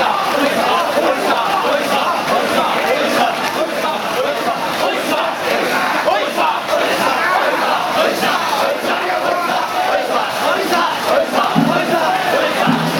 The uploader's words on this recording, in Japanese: 七番山笠 東流 追い山笠(東町筋)。